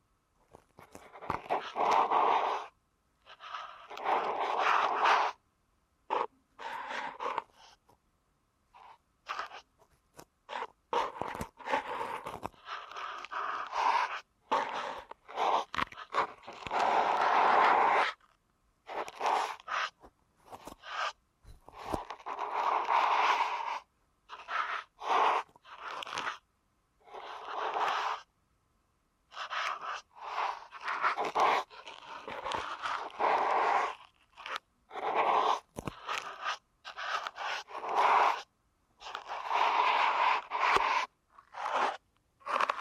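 Ear canal massage sounds arrive in short rubbing, crunching bursts with brief silent gaps between them. The scratchy texture stays mostly in the middle and upper range and repeats steadily through the whole stretch, sometimes in quick flurries, with no other sounds behind it.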